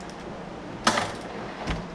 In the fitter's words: you hear the click